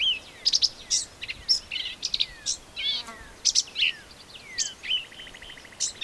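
Black-capped vireo singing jumbled, scratchy high phrases, with thin descending slurred whistles and rapid chattering notes woven through the sequence.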